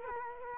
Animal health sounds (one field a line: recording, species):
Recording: mosquito wingbeat signal from an infrared sensor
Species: Culex quinquefasciatus